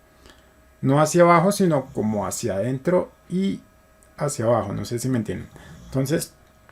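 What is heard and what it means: Someone talks while pressing the plastic battery door of a GoPro Hero 9 Black action camera inward and downward to close it over the battery. The clip ends before the latch engages; nothing has seated or clicked yet.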